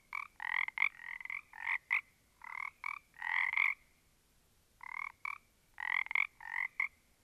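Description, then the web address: Frogs calling with grating, pulsed croaks in clusters, a silent stretch in the middle before the calling resumes. A small group of frogs. "static audio olofonia Small Group of Frogs"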